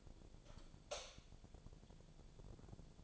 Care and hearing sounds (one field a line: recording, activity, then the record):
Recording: daily activity, microphone in the room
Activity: light off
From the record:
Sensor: 5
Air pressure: 1000.2 hPa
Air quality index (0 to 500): 103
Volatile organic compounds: 1 ppm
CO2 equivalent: 832 ppm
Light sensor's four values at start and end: 225/533/229/254 and 224/531/228/253